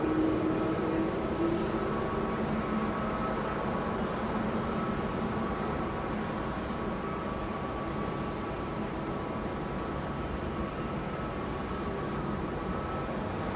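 Engine noise at an airfield, a dense, steady roar that holds at an even level for the whole stretch. A thin, higher whine runs constantly through it, and a low humming tone rises briefly over the first two seconds before fading back into the drone.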